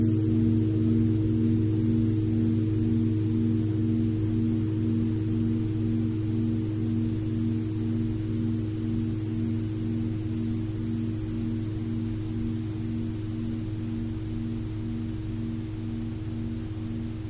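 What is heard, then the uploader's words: A Tibetan singing bowl hums with a deep, steady tone that lasts the whole time. A low pitch wavers in a fast, even pulse, and the ring fades only slightly toward the end, with a faint hiss above it. Tibetan Singiing Bowl のサウンドヒーリングチャンネル LIVE.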